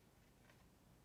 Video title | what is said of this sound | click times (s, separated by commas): Weekly update 11 August 2023 | elevators and the ailerons are not glued. They just click into place. | 0.5 s